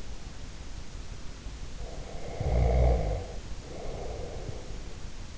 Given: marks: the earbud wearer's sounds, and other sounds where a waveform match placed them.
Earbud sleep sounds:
sounds in sleep by an in-ear microphone; snoring breath
1.63-5.03 s: snoring breath

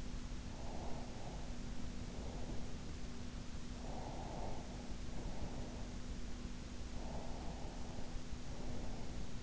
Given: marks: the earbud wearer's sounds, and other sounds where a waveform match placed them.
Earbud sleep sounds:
sounds in sleep by an in-ear microphone; breath
0.42-3.00 s: breath
3.70-6.24 s: breath
6.85-9.43 s: breath

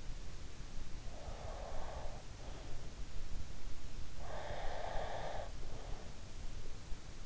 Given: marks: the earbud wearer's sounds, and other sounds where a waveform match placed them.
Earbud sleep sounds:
sounds in sleep by an in-ear microphone; breath
1.16-2.75 s: breath
4.07-6.14 s: breath

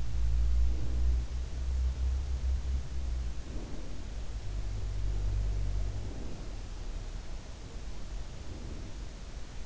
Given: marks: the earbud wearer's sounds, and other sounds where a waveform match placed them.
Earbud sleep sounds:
sounds in sleep by an in-ear microphone; breath
0.00-1.65 s: breath
2.63-4.37 s: breath
5.13-6.82 s: breath
7.53-9.23 s: breath

